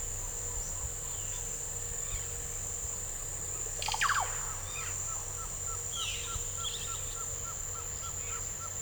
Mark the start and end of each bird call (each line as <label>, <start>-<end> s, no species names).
bird call, 3.74-8.82 s